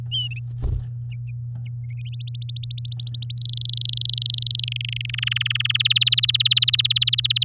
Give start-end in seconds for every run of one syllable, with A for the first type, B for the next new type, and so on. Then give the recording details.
2.12-3.34 A, 3.37-4.64 B, 4.67-5.06 C, 5.09-5.77 D, 5.79-7.44 E. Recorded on 8 May 2018 at 09:23. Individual llb16